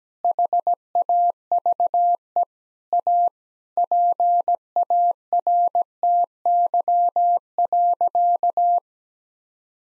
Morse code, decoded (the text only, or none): HAVE A PARTY.